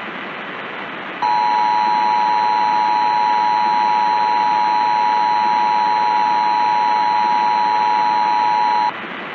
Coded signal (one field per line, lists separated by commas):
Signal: Emergency Alert System (SAME) tones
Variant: 853 and 960 Hz attention tone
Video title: Atomized - A Short Documentary / EAS Scenario